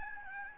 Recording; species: mosquito wingbeat signal from an infrared sensor; Aedes albopictus